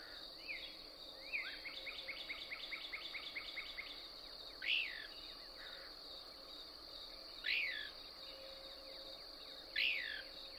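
Couch's Kingbird song: a rapid run of thin, repeated twitters, then three loud sweeping notes about two to three seconds apart over a steady insect hum.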